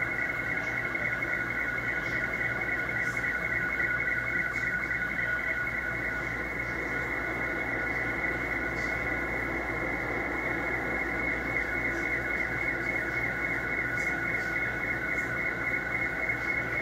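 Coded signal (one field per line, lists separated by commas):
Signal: SSTV (slow-scan television)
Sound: continuous warbling tone in the 1.5-2.3 kHz range under shortwave noise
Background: radio static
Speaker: a little bit of slow scan television this morning KQ for Z H so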